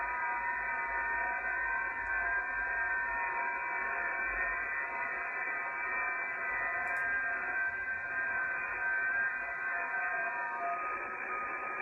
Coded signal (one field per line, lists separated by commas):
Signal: FT8